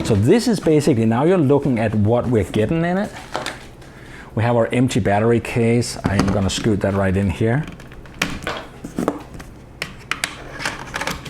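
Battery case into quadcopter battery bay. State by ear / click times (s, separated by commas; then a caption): not seated / none. Someone talks while handling an empty plastic battery case and sliding it into the battery bay of a quadcopter body. Several sharp, short knocks follow between about 8.2 and 10.7 s as the case is worked into the bay. The case has not seated or clicked into place yet.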